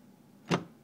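While head spacing a Browning 1919, the barrel is turned into the barrel extension until a detent notch clicks, with a single sharp click at 0.5 s against a quiet background. The barrel is seated and the gap is closed up.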